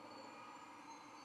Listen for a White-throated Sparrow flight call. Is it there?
no